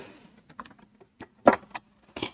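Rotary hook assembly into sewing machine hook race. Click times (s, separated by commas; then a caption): 1.5 s. A rotary hook assembly is fiddled into the hook race of a Bernina sewing machine, with small metallic clicks and taps heard. It clicks into place at 1.5 seconds and sits correctly, seated, followed by a few lighter taps.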